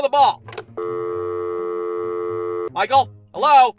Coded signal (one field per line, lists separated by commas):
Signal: telephone call progress tone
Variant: North America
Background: speech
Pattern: dial tone